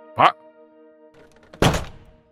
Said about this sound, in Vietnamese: Trưởng làng lo lắng hô hoán mọi người dùng cây gỗ to để mà phá cửa ra. Đã, cố sức thêm chút nữa. 3, 2, 1.